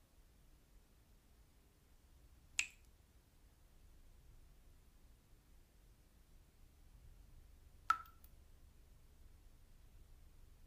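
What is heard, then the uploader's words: Two single water drops fall, one at about two and a half seconds and another near eight seconds, each a sharp, bright plink with a short ringing tail. Between them there is only a faint low rumble and near silence. Peaceful Drops of Water. The gentle sound of water droplets splashing.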